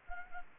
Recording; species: mosquito wingbeat signal from an infrared sensor; Anopheles gambiae